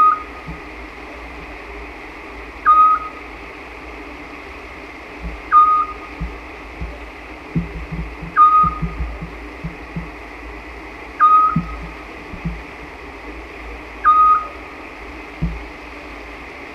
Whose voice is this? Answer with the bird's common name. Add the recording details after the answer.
Eurasian Scops Owl. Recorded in the wild. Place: Illmitz, AT. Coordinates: 47.7594, 16.7686. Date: 1972-05-01. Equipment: Uher Report 4200, AKG D190C in Doppel-Parabolreflektor. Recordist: Krey, Winfried